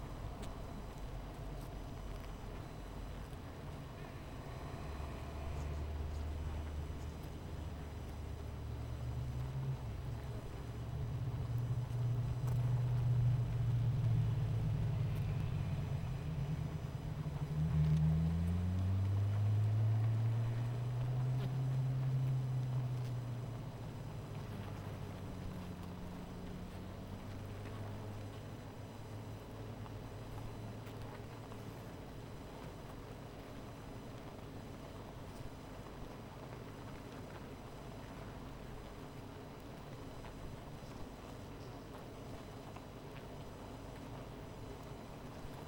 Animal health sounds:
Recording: honeybee colony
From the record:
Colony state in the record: missing queen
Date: 14 July 2017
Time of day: 16:54

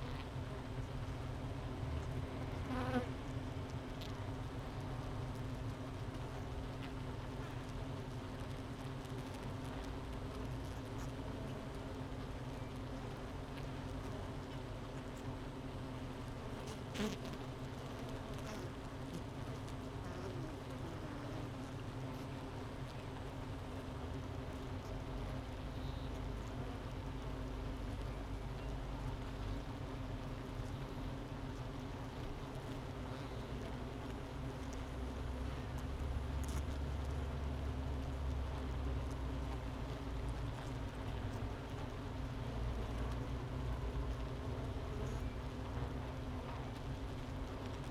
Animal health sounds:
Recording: honeybee colony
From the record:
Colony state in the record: missing queen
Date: 31 May 2018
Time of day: 9:56

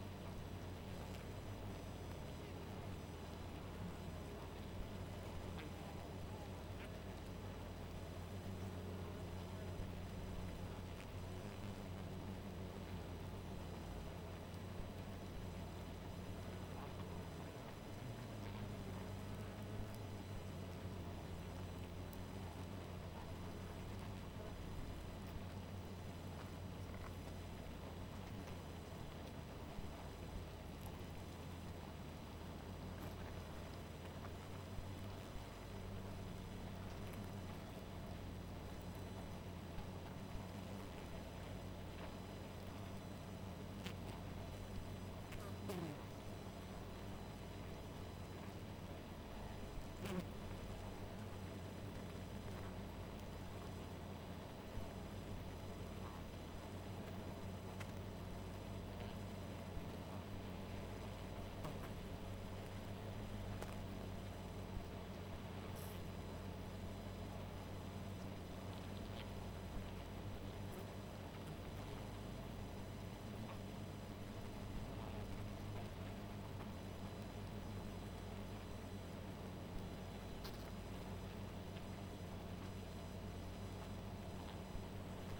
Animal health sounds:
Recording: honeybee colony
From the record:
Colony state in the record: missing queen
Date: 14 July 2017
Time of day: 1:36

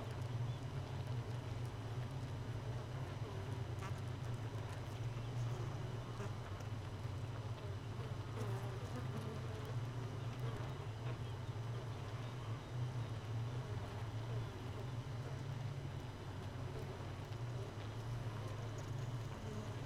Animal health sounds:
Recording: honeybee colony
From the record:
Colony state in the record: missing queen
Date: 31 May 2018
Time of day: 4:40

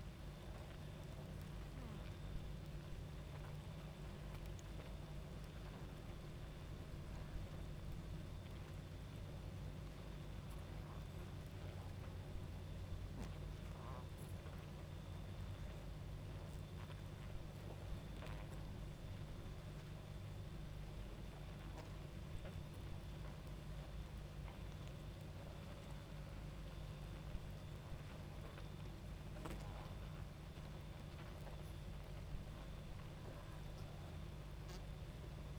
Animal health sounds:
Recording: honeybee colony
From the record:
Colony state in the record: active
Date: 28 July 2017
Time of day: 22:47

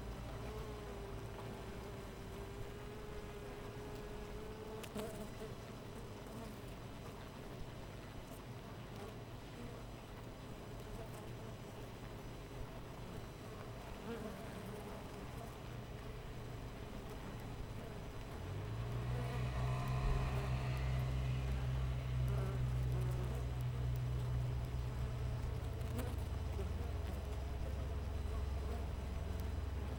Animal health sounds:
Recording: honeybee colony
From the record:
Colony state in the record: missing queen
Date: 14 July 2017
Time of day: 5:46

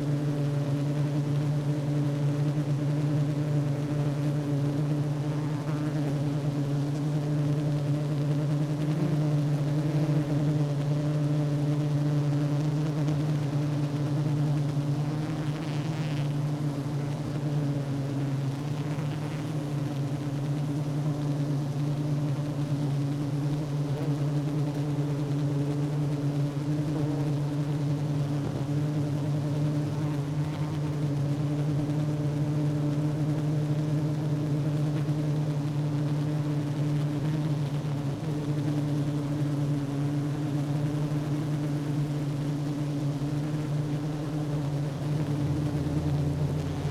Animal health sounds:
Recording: honeybee colony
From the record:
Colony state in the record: active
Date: 12 June 2018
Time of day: 10:23

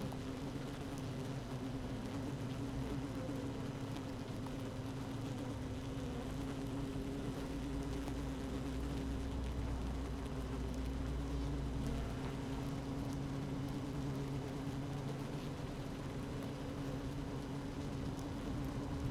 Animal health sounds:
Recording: honeybee colony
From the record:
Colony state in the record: active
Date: 12 June 2018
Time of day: 15:18

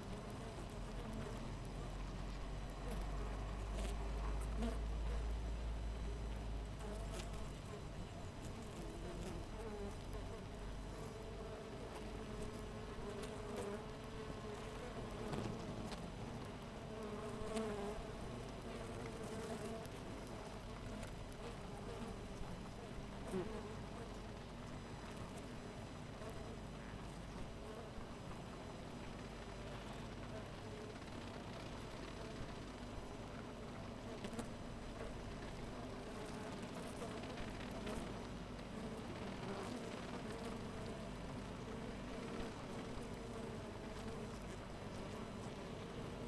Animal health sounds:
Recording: honeybee colony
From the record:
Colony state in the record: missing queen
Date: 14 July 2017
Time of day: 6:02

